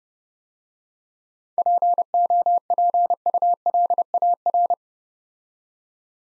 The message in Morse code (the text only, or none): POPULAR